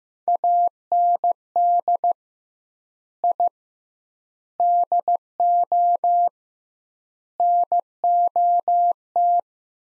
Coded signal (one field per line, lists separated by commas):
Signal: Morse code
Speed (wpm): 15 wpm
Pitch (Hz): 700 Hz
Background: none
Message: AND I DO NOT